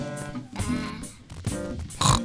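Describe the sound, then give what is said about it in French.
A pig oinks in three rough, nasal grunts, each a short burst of throaty snorting, with the last one the loudest and shortest. “Cochon.”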